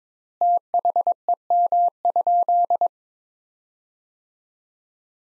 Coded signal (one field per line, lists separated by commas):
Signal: Morse code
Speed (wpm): 22 wpm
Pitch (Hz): 700 Hz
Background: none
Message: THEM?